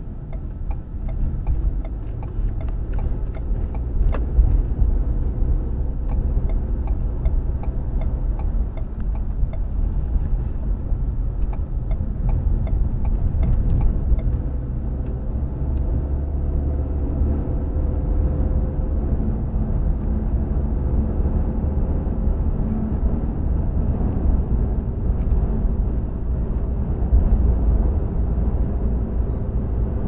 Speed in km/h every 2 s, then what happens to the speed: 24, 29, 35, 40, 39, 37, 39, 45, 52, 56, 61, 64, 66, 68, 69.
0-5 speeds up to 40. 5-12 steady at about 39. 12-30 speeds up to 69.